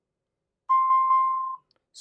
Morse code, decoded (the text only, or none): none